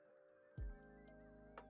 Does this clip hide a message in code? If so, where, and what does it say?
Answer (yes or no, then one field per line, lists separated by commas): no